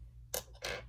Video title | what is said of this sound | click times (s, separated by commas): Rotring 800 review | Just clicks right into the gold part that like sticks out. | 0.3 s